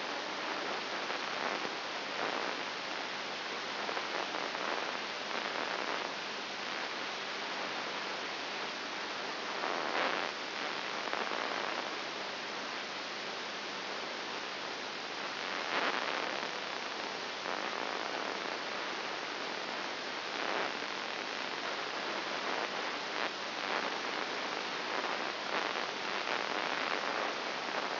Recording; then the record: brain microelectrode recording played as sound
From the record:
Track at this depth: inside the subthalamic nucleus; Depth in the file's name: 4.101 mm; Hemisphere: right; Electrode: 3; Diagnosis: Parkinson's disease